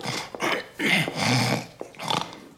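A man snores in his sleep, a run of loud, rasping, throaty breaths with short pauses between them, gravelly and uneven, heard on their own with no talking.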